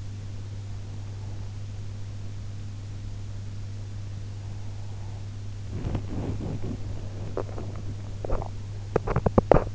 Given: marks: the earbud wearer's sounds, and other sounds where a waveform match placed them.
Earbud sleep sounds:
sounds in sleep by an in-ear microphone; body movement, swallowing
5.70-9.75 s: body movement
8.21-8.57 s: swallowing

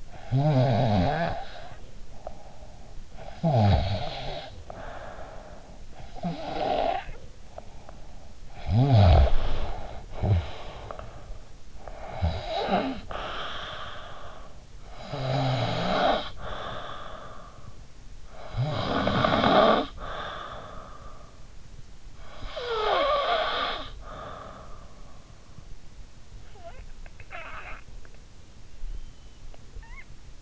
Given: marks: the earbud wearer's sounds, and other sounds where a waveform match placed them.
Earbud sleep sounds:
sounds in sleep by an in-ear microphone; snoring breath
0.00-28.15 s: snoring breath

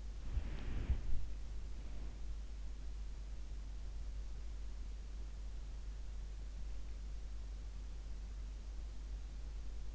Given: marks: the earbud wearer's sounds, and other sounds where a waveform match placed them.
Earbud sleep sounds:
sounds in sleep by an in-ear microphone; body movement
0.00-2.23 s: body movement

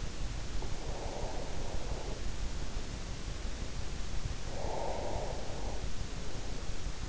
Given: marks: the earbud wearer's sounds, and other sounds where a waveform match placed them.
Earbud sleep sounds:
sounds in sleep by an in-ear microphone; breath
0.52-2.43 s: breath
4.45-7.02 s: breath

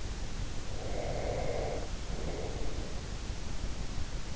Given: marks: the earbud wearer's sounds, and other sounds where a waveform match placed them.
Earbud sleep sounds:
sounds in sleep by an in-ear microphone; breath
0.54-3.22 s: breath

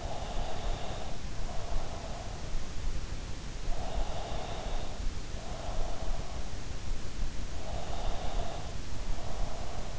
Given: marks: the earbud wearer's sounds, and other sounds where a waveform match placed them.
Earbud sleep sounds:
sounds in sleep by an in-ear microphone; breath
0.00-2.28 s: breath
3.83-6.17 s: breath
7.58-9.80 s: breath

